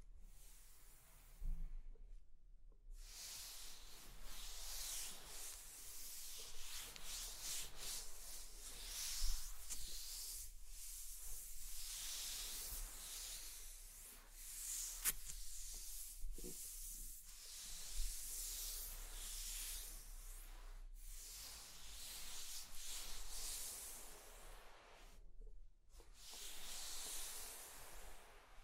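Scratching and tracing sounds: bright, hissy rubbing strokes continue almost steadily, broken by brief pauses near two and twenty-six seconds.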